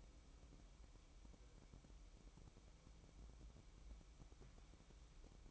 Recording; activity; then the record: daily activity, microphone in the room; make coffee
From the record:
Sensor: 1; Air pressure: 1007.4 hPa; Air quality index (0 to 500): 80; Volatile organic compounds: 1 ppm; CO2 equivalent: 693 ppm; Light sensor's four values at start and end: 7/18/7/8 and 7/17/7/8